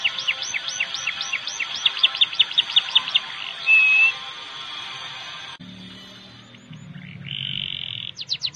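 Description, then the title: Canary song: looping whistled notes turning into a quicker trill, a short steady whistle, then a quieter buzzy stretch and a closing burst of rapid notes. "Kenari"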